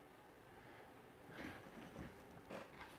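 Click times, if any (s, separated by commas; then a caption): none. A Bark River fixed-blade knife is being handled and brought toward its sheath, with soft rustling handling sounds over a low steady background, building in bursts around 1.4, 2.0, 2.5 and 2.8 seconds. The knife has not snapped into the sheath yet, and nothing has seated or clicked by the end of the clip.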